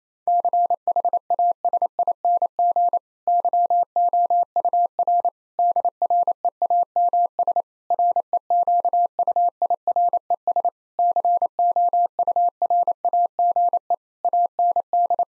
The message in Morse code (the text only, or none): CHASING YOUR DREAMS REQUIRES COURAGE AND